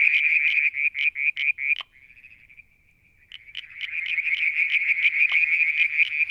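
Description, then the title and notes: Frogs calling in high, rapid pulsed trills, breaking briefly into a thin steady tone before the fast pulsing resumes strongly and continues to the end. Evening near a water tank at Mount Wilson, New South Wales, Australia, July 2022. "Frog song, Mount Wilson, New South Wales, Australia in July 2022 – by Alexander Moffatt. Limnodynastes Peronii, Litoria Verreauxii and a mystery frog one evening near the water tank"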